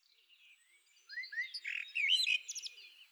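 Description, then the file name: Common blackbird singing a short phrase: a few mellow rising whistles, then a louder burst of fluty notes and a high, scratchy twittered ending. "Turdus merula"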